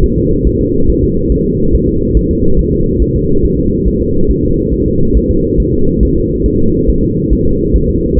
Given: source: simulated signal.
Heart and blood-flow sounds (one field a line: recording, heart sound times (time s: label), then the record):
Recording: fetal heart sounds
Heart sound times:
0.04 s: S1
0.18 s: S2
0.47 s: S1
0.61 s: S2
0.90 s: S1
1.03 s: S2
1.32 s: S1
1.46 s: S2
1.75 s: S1
1.89 s: S2
2.17 s: S1
2.31 s: S2
2.59 s: S1
2.73 s: S2
3.02 s: S1
3.16 s: S2
3.45 s: S1
3.59 s: S2
3.88 s: S1
4.01 s: S2
4.31 s: S1
4.45 s: S2
4.74 s: S1
4.88 s: S2
5.17 s: S1
5.31 s: S2
5.60 s: S1
5.74 s: S2
6.03 s: S1
6.17 s: S2
6.46 s: S1
6.60 s: S2
6.89 s: S1
7.03 s: S2
7.33 s: S1
7.47 s: S2
7.76 s: S1
7.90 s: S2
8.19 s: S1
From the record:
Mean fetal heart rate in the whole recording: 140 bpm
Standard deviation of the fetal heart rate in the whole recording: 2 bpm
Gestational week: 34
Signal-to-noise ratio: -16.4 dB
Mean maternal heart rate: 72 bpm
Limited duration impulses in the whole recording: present